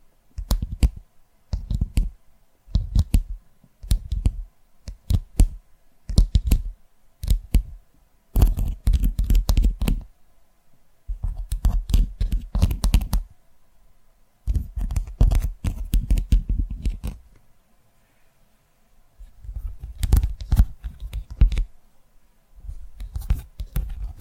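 ASMR tapping: sharp taps with a dull low thump and a crisp clicky top. The first eight seconds bring short, evenly spaced bursts; after that come longer, rapid flurries of fingertip taps broken by brief silences, returning about every few seconds until the end.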